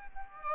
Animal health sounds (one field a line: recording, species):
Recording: mosquito wingbeat signal from an infrared sensor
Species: Aedes aegypti